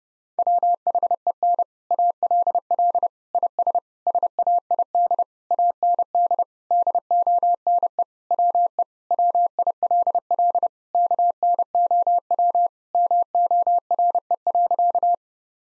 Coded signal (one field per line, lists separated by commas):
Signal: Morse code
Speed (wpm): 32 wpm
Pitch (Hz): 700 Hz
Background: none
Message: WHEN ALL IS SAID AND DONE WE WILL KNOW MORE.